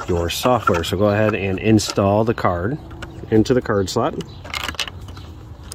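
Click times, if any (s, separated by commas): none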